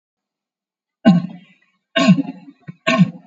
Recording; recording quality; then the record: shallow voluntary cough; excellent, no background noise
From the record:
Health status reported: COVID-19 positive, mild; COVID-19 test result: positive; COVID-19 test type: RT-PCR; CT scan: taken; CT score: 7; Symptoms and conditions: cough, cold, breathing difficulty, hypertension, diabetes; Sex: male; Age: 68 years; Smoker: no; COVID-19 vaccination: one dose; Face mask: worn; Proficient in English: yes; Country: India